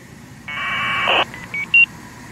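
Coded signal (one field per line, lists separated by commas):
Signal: packet radio (AX.25, as in APRS)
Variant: 1200 baud AFSK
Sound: short harsh warbling data burst, then three quick rising beeps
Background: radio static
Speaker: I'm getting information. KD2AVD, I think that was.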